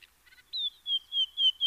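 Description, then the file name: Nightingale giving a few soft notes, then a clear, slightly falling whistle repeated in pulses about every quarter second. "Luscinia megarhynchos"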